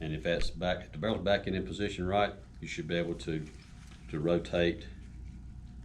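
Someone talks while reassembling a Ruger 57 pistol, with the barrel pushed back into position so the metal takedown pin in the pistol frame can be rotated back into place. Nothing has seated or clicked yet; the clip ends just before the pin snaps into its locked seat.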